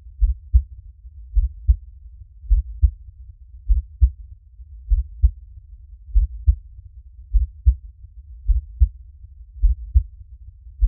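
A slow, steady heartbeat: paired low-pitched thumps, lub-dub, repeating at about 53 beats per minute.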